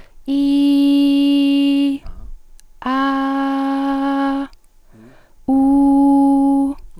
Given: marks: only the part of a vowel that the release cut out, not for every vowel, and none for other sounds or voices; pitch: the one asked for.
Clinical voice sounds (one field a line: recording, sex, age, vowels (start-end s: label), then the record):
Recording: sustained vowels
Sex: female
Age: 20 to 29 years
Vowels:
0.46-1.84 s: vowel /i/, high pitch
3.06-4.26 s: vowel /a/, high pitch
5.70-6.57 s: vowel /u/, high pitch
From the record:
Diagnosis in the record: healthy voice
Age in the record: 24 years